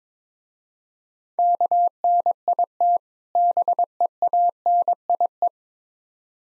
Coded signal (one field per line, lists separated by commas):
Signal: Morse code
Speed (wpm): 22 wpm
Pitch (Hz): 700 Hz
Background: none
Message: KNIT BEANIE